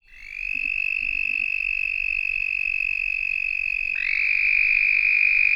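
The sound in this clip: Red-spotted toad trill: a long, steady, high musical trill held for over five seconds, with a second slightly different trill joining near the end.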